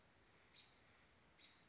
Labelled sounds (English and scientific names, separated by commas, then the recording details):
American Robin (Turdus migratorius)
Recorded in Sonoma County, California